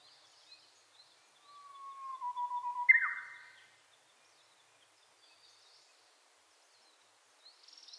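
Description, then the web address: Japanese bush warbler song: a long, steady low whistle held for about a second and a half, then an abrupt, loud higher flourish; faint high chirps from other birds behind. Recorded 29 April 2001. "2001 010429 uguisu"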